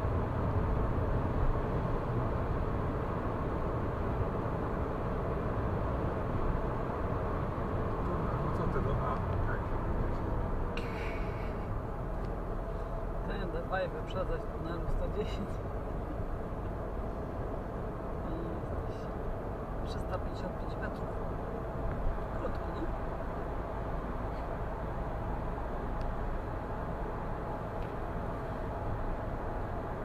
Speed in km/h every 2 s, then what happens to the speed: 105, 105, 106, 106, 99, 72, 67, 67, 70, 72, 73, 72, 74, 74, 75.
0-7 steady at about 105. 7-11 brakes to 67.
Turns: none.